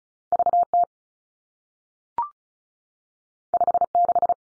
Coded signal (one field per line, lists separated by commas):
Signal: Morse code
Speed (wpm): 36 wpm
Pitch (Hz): 700 Hz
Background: none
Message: V T 5 6